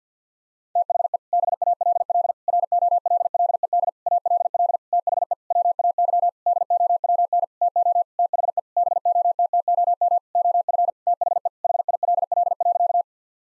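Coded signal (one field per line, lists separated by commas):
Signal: Morse code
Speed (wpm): 50 wpm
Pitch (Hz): 700 Hz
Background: none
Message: THE BALL ROLLED ALL THE WAY DOWN TO THE BOTTOM OF THE HILL.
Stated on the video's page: Morse practice at 50 WPM: sentences built from common six-word phrases, each sent in Morse, then spoken, then sent again.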